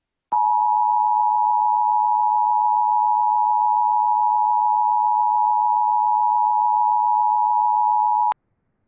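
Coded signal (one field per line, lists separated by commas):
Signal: Emergency Alert System (SAME) tones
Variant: 853 and 960 Hz attention tone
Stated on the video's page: Fictional EAS scenario about an invented spreading bacteria, not a real alert.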